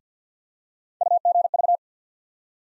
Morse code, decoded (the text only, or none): UGV